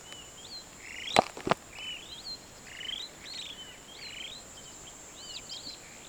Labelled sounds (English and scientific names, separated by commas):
Superb Starling (Lamprotornis superbus) flight call